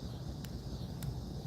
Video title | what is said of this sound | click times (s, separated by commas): Another Package Reveal Livestream! | Oh, and it snaps right in. Oh, it's so nice. | 0.5 s, 1.0 s